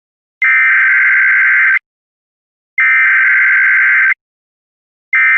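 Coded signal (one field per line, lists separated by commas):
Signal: Emergency Alert System (SAME) tones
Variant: header bursts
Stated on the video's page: Fictional EAS scenario.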